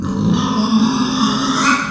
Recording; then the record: squeal of a Yucatan mini pig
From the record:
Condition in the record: after surgery on the right vocal fold (resection and tissue-engineered implant); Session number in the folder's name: 14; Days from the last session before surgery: 133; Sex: female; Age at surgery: 19 weeks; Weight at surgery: 25 kg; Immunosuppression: prednisolone